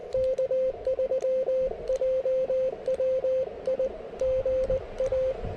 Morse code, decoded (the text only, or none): K3JWI GA